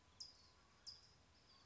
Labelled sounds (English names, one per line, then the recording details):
California Towhee
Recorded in Sonoma County, California